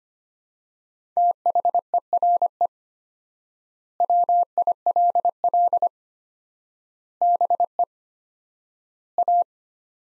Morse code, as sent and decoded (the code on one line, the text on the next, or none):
- .... . .-. . / .-- .. .-.. .-.. / -... . / .-
THERE WILL BE A